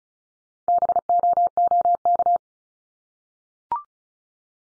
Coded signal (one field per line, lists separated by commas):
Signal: Morse code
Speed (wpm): 36 wpm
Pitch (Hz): 700 Hz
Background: none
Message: BOOK